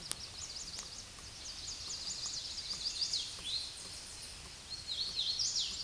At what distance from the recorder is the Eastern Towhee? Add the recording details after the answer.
about 30 m. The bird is about 5 m above the microphone. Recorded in a Pennsylvania forest on 16 May 2024 at 09:34. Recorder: AudioMoth, point MSD-2208. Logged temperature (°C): 15.2 °C. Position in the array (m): 166 m, 66 m